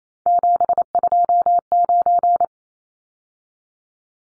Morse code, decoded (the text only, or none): 729